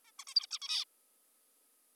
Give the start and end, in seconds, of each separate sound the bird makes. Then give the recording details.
0.04-0.12, 0.19-0.24, 0.27-0.34, 0.36-0.47, 0.51-0.59, 0.62-0.85. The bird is an adult. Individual g19o3U